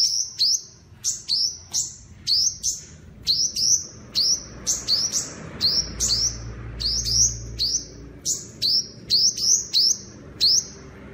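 A bird sings a steady stream of high, clipped chirps, each with a brief rising twist, coming in quick pairs and runs across the whole stretch.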